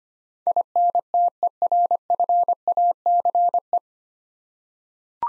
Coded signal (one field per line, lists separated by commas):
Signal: Morse code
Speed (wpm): 25 wpm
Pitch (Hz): 700 Hz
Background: none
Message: INTERFACE